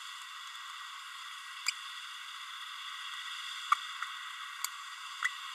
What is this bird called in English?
Green-rumped Parrotlet